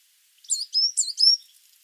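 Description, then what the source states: Coal tit song, two quick high, thin two-note phrases in a brief burst, clean and bright. Coal tit in song, recorded by Mark Lewis.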